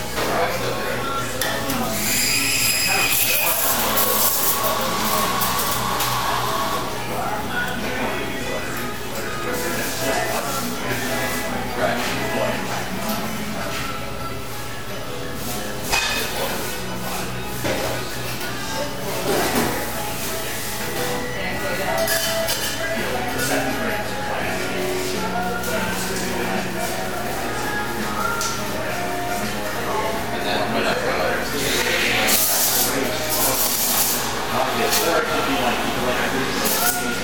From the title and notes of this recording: Maplwood Starbucks Sounds at Starbucks by nathaliep.